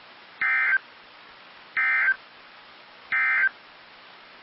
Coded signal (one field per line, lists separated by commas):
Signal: Emergency Alert System (SAME) tones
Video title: EAS 1384 & 1385 (Double Header)